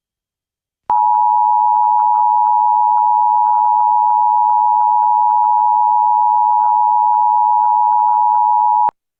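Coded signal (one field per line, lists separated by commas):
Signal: Emergency Alert System (SAME) tones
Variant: 853 and 960 Hz attention tone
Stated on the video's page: Amber Alert that interrupted a broadcast of Johnny Test.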